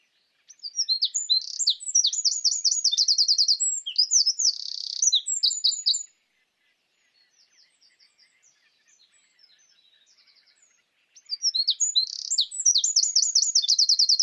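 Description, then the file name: Eurasian wren song: one long, rapid, high-pitched trilling phrase, several seconds of faint soft notes, then a second loud burst of fast trills. "Troglodytes troglodytes"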